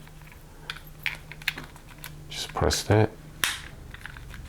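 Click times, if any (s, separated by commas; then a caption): 3.4 s. The release button on a Sony vlogging grip is pressed again and the tilting grip head is rotated, producing a series of small clicks while someone talks. At 3.4 s a sharp click is heard as the head's rotation lock latches into the next detent position, seating firmly in place.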